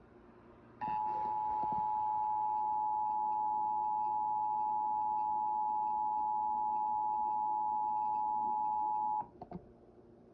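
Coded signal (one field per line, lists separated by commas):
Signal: Emergency Alert System (SAME) tones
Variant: 853 and 960 Hz attention tone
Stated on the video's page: Fictional EAS alert about a railway war.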